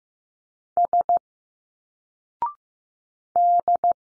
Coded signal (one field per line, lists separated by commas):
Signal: Morse code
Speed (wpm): 15 wpm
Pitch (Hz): 700 Hz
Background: none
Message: S D